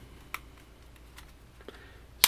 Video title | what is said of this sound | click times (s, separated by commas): HTC EVO 4G KICKSTAND CASE.MOV | snaps into place | 2.2 s